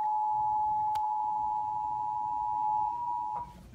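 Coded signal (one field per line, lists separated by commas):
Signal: Emergency Alert System (SAME) tones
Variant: 853 and 960 Hz attention tone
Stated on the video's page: Severe thunderstorm warning EAS relayed on Spectrum cable TV, received with a Cisco DTA 271HD receiver.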